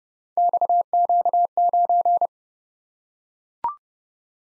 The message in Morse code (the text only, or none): XQ9